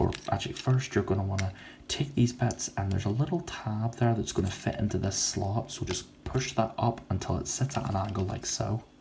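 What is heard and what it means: During transformation of a plastic Transformers Studio Series Voyager Class Ironhide action figure, a part with a small tab is pushed up into a slot in the body until it sits at an angle, with plastic handling sounds while someone talks throughout. The clip ends just before the part goes home; nothing has seated or clicked yet.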